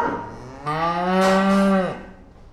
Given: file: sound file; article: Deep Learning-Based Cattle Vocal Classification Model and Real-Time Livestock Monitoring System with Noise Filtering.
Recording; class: cattle; food anticipating call